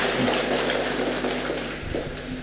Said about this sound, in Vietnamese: Con càng pháo tay đi.